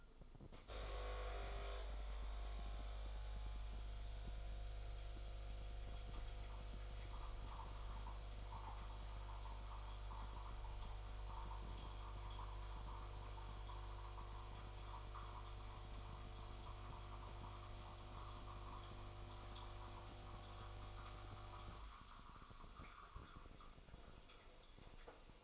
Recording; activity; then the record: daily activity, microphone in the room; make coffee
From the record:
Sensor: 5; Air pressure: 988.6 hPa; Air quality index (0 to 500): 226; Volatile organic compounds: 151 ppm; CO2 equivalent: 4026 ppm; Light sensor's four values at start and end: 41/127/49/53 and 41/126/49/52